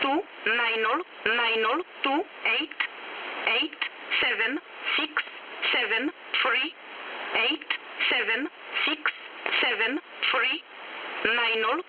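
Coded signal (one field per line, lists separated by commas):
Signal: numbers station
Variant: E11A Oblique, English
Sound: a single voice reading digits one by one at a steady, evenly spaced pace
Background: radio static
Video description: Agencja wywiadu numbers station. ID 416, 38 groups.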